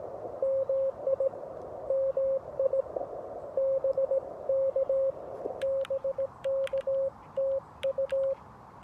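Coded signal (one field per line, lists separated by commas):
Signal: Morse code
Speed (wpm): 17 wpm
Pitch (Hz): 540 Hz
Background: radio noise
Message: MI MI BK BK TU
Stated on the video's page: CW sent at about 17 wpm with a 3D-printed paddle on a Xiegu G90 during portable Parks On The Air activation QSOs at a state park.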